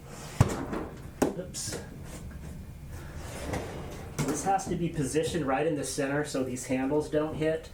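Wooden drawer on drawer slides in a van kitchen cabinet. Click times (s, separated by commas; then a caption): 0.4 s. A wooden kitchen drawer on metal drawer slides in a van kitchen cabinet is given a little push the last bit, and it locks into its closed position with a sharp click at 0.4 s; the same is then done with the bottom drawer. Softer knocks follow, and from about 4.2 s someone talks.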